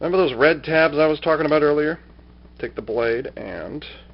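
Someone talks while handling a plastic blade for the red retaining tabs on a Transformers Revenge of the Fallen Voyager-class Decepticon Mindwipe action figure. Speech fills most of the clip with a brief quieter pause in the middle. The blade has not yet been pushed into the tabs, and nothing has seated or clicked yet.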